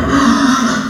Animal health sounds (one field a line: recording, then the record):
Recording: squeal of a Yucatan mini pig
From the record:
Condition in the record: after surgery on the right vocal fold (resection and tissue-engineered implant)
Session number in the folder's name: 12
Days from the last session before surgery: 105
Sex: female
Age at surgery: 19 weeks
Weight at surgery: 25 kg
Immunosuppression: prednisolone